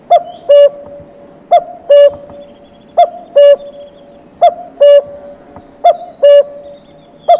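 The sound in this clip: Common cuckoo repeating a clear falling two-note cuck-oo about every one and a half seconds, five full pairs plus the start of another, over faint background hiss.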